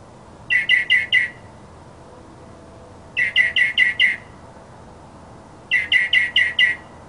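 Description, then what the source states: Mockingbird song: three brief bursts of four or five fast chirps, spaced roughly two and a half seconds apart. Labelled a 'masteran' (tutor) sound recording of a mockingbird.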